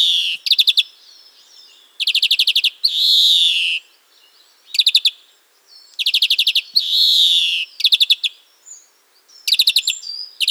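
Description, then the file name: European greenfinch song: bursts of rapid, evenly spaced chirping trills with a couple of long, harsh, buzzy wheezes of about a second. "carduelis chloris"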